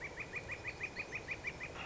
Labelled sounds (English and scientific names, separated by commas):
Northern Flicker (Colaptes auratus)